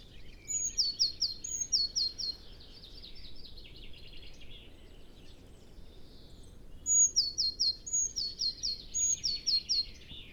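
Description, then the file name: Eurasian blue tit with high thin calls. Repeated phrases of a piercing note and quick descending notes come in two bursts separated by a pause. Constant low background noise. "Cyanistes caeruleus"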